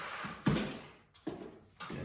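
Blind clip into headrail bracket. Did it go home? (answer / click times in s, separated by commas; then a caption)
yes / 0.5 s. A small plastic clip on a window blind bracket is pushed home by hand into the headrail bracket, snapping in with a sharp hit at 0.5 s. Two quieter knocks follow at about 1.3 s and 1.8 s, and the clip is seated.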